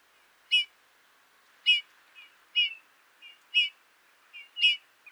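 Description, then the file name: Eurasian bullfinch with loud, clear piping calls about once a second, most strong notes followed by a quieter whistle. "Pyrrhula pyrrhula"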